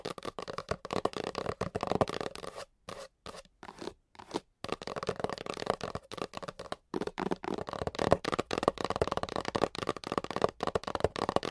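Fast, aggressive tapping and scratching with nails on different mics and items, a dense run of sharp clicks and rasping scrapes. Short silent gaps break the stream around three to five seconds and near seven, then the rapid tapping resumes steadily to the end.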